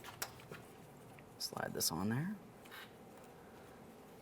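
An ABS wire's plastic retaining clip is handled and slid on toward its bracket, with a sharp tick near 0.2 seconds, light plastic rustling, and someone talking through the middle of the clip. Nothing has seated or clicked yet.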